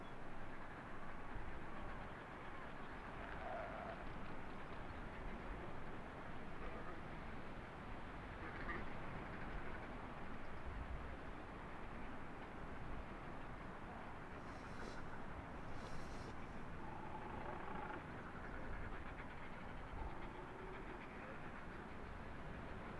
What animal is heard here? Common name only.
Arctic Fox